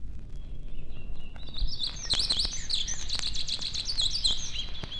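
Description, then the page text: Songbirds singing, a dense chorus of quick high twittering and chirping notes overlapping from about two seconds on, with steady low rumbling traffic noise underneath. Forest songbirds recorded close to a highway. "Лесные певчие птицы - Nature"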